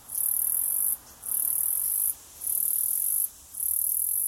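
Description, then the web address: Cicada buzzing call: loud, high, hissing bursts just under a second long, four in a row, each broken by a brief quieter gap. Recorded in Australia. "Sound Effects-Foundation 3 INSECT AUS CICADA LONG"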